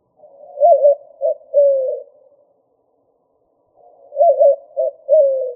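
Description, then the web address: White-winged dove cooing: two hooting phrases, each a quick wavering pair of notes, a short coo, then a longer falling coo, separated by a short pause. "Doves WWDO. deviche"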